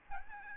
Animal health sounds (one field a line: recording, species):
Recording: mosquito wingbeat signal from an infrared sensor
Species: Aedes albopictus